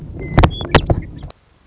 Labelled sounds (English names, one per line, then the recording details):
Western Meadowlark
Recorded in Sonoma County, California